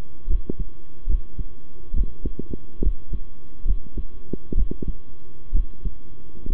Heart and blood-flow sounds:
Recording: heart sounds by stethoscope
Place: between the tricuspid and mitral areas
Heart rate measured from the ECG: 68 bpm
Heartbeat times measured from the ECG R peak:
0.27 s: heartbeat
1.07 s: heartbeat
1.93 s: heartbeat
2.81 s: heartbeat
3.65 s: heartbeat
4.55 s: heartbeat
5.52 s: heartbeat
6.48 s: heartbeat
From the record:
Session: rest, sitting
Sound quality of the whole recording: good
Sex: male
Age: 23 years

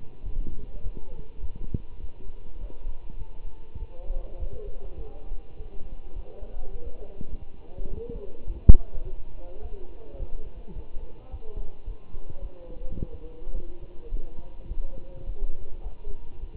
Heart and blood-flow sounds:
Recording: heart sounds by stethoscope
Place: between the tricuspid and mitral areas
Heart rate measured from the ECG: 104 bpm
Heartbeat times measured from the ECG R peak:
0.25 s: heartbeat
0.83 s: heartbeat
1.42 s: heartbeat
2.01 s: heartbeat
2.61 s: heartbeat
3.19 s: heartbeat
3.80 s: heartbeat
4.40 s: heartbeat
4.99 s: heartbeat
5.58 s: heartbeat
6.16 s: heartbeat
6.73 s: heartbeat
7.31 s: heartbeat
7.89 s: heartbeat
8.47 s: heartbeat
9.04 s: heartbeat
9.62 s: heartbeat
10.19 s: heartbeat
10.75 s: heartbeat
11.31 s: heartbeat
11.87 s: heartbeat
12.42 s: heartbeat
12.98 s: heartbeat
13.55 s: heartbeat
14.12 s: heartbeat
14.68 s: heartbeat
15.26 s: heartbeat
15.83 s: heartbeat
16.40 s: heartbeat
From the record:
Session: walking at 3.7 km/h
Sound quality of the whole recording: good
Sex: male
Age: 24 years

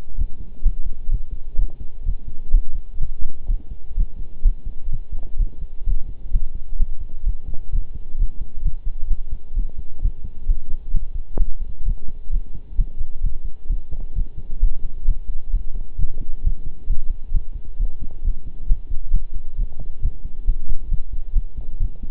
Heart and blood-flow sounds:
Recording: heart sounds by stethoscope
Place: between the tricuspid and mitral areas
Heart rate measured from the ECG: 130 bpm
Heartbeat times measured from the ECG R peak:
0.18 s: heartbeat
0.65 s: heartbeat
1.11 s: heartbeat
1.58 s: heartbeat
2.06 s: heartbeat
2.53 s: heartbeat
3.01 s: heartbeat
3.49 s: heartbeat
3.97 s: heartbeat
4.45 s: heartbeat
4.92 s: heartbeat
5.39 s: heartbeat
5.86 s: heartbeat
6.33 s: heartbeat
6.80 s: heartbeat
7.26 s: heartbeat
7.73 s: heartbeat
8.19 s: heartbeat
8.65 s: heartbeat
9.10 s: heartbeat
9.56 s: heartbeat
10.02 s: heartbeat
10.48 s: heartbeat
10.94 s: heartbeat
11.39 s: heartbeat
11.86 s: heartbeat
12.32 s: heartbeat
12.78 s: heartbeat
13.23 s: heartbeat
13.70 s: heartbeat
14.16 s: heartbeat
14.62 s: heartbeat
15.08 s: heartbeat
15.53 s: heartbeat
15.99 s: heartbeat
16.44 s: heartbeat
16.89 s: heartbeat
17.34 s: heartbeat
17.79 s: heartbeat
18.24 s: heartbeat
18.69 s: heartbeat
19.13 s: heartbeat
19.58 s: heartbeat
20.02 s: heartbeat
20.47 s: heartbeat
20.91 s: heartbeat
21.35 s: heartbeat
21.80 s: heartbeat
From the record:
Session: pedaling a stationary bicycle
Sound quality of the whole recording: partially saturated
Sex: male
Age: 23 years

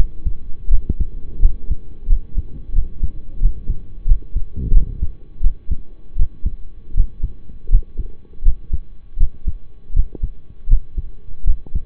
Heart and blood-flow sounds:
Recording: heart sounds by stethoscope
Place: between the tricuspid and mitral areas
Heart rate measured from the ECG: 84 bpm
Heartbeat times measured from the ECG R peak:
0.69 s: heartbeat
1.39 s: heartbeat
2.07 s: heartbeat
2.73 s: heartbeat
3.40 s: heartbeat
4.06 s: heartbeat
4.72 s: heartbeat
5.41 s: heartbeat
6.16 s: heartbeat
6.94 s: heartbeat
7.69 s: heartbeat
8.43 s: heartbeat
9.17 s: heartbeat
9.93 s: heartbeat
10.67 s: heartbeat
11.44 s: heartbeat
From the record:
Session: rest, lying down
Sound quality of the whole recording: partially saturated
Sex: male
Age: 25 years

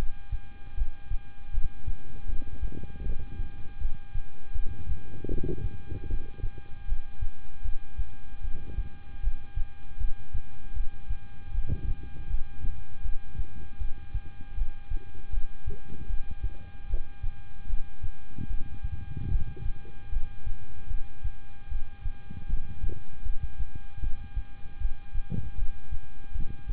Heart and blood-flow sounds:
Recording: heart sounds by stethoscope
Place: between the tricuspid and mitral areas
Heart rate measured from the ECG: 77 bpm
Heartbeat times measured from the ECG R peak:
0.75 s: heartbeat
1.51 s: heartbeat
2.26 s: heartbeat
3.03 s: heartbeat
3.78 s: heartbeat
4.53 s: heartbeat
5.28 s: heartbeat
6.07 s: heartbeat
6.86 s: heartbeat
7.62 s: heartbeat
8.41 s: heartbeat
9.21 s: heartbeat
9.98 s: heartbeat
10.73 s: heartbeat
11.51 s: heartbeat
12.28 s: heartbeat
13.02 s: heartbeat
13.78 s: heartbeat
14.55 s: heartbeat
15.31 s: heartbeat
16.07 s: heartbeat
16.87 s: heartbeat
17.67 s: heartbeat
18.47 s: heartbeat
19.29 s: heartbeat
20.10 s: heartbeat
20.87 s: heartbeat
21.68 s: heartbeat
22.47 s: heartbeat
23.23 s: heartbeat
24.00 s: heartbeat
24.78 s: heartbeat
25.55 s: heartbeat
26.32 s: heartbeat
From the record:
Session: rest, lying down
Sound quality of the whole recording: good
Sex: male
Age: 26 years

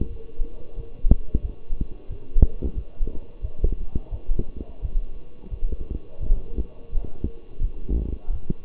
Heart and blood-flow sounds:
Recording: heart sounds by stethoscope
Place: between the tricuspid and mitral areas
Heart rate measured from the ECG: 88 bpm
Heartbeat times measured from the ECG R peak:
0.08 s: heartbeat
0.76 s: heartbeat
1.41 s: heartbeat
2.08 s: heartbeat
2.74 s: heartbeat
3.41 s: heartbeat
4.10 s: heartbeat
4.81 s: heartbeat
5.50 s: heartbeat
6.19 s: heartbeat
6.91 s: heartbeat
7.60 s: heartbeat
8.31 s: heartbeat
From the record:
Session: walking at 3.7 km/h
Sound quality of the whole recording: partially saturated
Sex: male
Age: 24 years

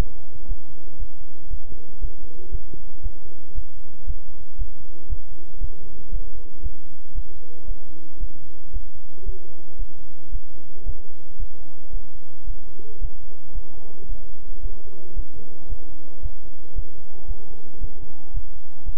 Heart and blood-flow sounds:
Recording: heart sounds by stethoscope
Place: between the tricuspid and mitral areas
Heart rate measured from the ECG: 114 bpm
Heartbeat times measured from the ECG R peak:
0.46 s: heartbeat
0.98 s: heartbeat
1.48 s: heartbeat
1.99 s: heartbeat
2.50 s: heartbeat
3.01 s: heartbeat
3.53 s: heartbeat
4.05 s: heartbeat
4.57 s: heartbeat
5.08 s: heartbeat
5.59 s: heartbeat
6.10 s: heartbeat
6.61 s: heartbeat
7.13 s: heartbeat
7.66 s: heartbeat
8.18 s: heartbeat
8.71 s: heartbeat
9.24 s: heartbeat
9.77 s: heartbeat
10.30 s: heartbeat
10.84 s: heartbeat
11.37 s: heartbeat
11.91 s: heartbeat
12.45 s: heartbeat
12.99 s: heartbeat
13.53 s: heartbeat
14.07 s: heartbeat
14.61 s: heartbeat
15.14 s: heartbeat
15.68 s: heartbeat
16.21 s: heartbeat
16.74 s: heartbeat
17.26 s: heartbeat
17.79 s: heartbeat
18.32 s: heartbeat
18.84 s: heartbeat
From the record:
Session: bicycle stress test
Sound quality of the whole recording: good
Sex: male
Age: 26 years

